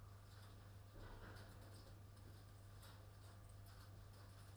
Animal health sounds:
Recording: poultry house recording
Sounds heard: no chicken sound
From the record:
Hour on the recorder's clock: 20

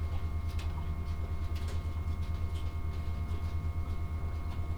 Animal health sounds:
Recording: poultry house recording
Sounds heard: no chicken sound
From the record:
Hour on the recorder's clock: 15

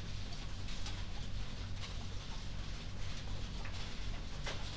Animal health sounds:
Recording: poultry house recording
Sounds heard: healthy chickens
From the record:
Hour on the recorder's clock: 0

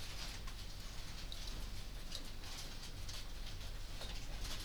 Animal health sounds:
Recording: poultry house recording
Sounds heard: no chicken sound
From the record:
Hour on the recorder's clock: 20

